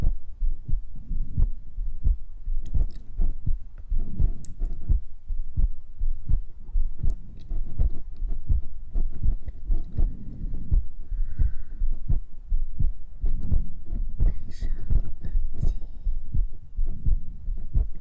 Heartbeat and Breathing.